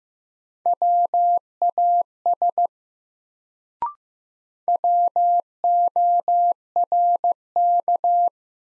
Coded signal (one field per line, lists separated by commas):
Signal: Morse code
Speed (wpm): 15 wpm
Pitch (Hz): 700 Hz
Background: none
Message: WAS WORK